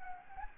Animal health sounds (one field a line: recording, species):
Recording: mosquito wingbeat signal from an infrared sensor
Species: Anopheles gambiae